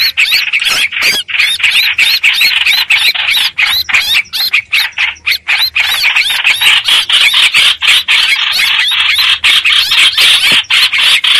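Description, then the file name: Streak-eared bulbul giving rapid, harsh distress notes, about four per second, loud and scratchy with brief pauses between bursts. Distress call used to call the flock together. "Tieng chim trao trao keu cuu goi bay"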